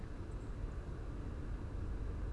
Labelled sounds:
Song Thrush
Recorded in Germany
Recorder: ecoPi

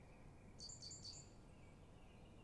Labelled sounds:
Great Tit
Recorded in Germany
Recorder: ecoPi

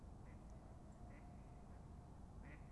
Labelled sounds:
Song Thrush
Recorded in Germany
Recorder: ecoPi

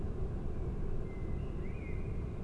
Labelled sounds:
Common Blackbird
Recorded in Germany
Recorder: ecoPi

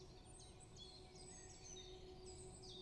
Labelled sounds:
Common Chiffchaff
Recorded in Germany
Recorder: ecoPi

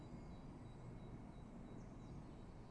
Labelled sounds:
Great Tit
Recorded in Germany
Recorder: ecoPi

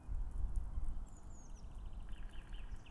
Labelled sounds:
Eurasian Blue Tit
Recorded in Germany
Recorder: ecoPi

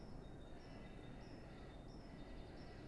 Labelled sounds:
Great Tit
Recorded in Germany
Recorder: ecoPi

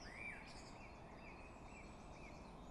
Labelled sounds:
Song Thrush
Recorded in Germany
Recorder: ecoPi

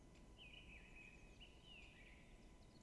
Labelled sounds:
Great Spotted Woodpecker
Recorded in Germany
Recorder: ecoPi

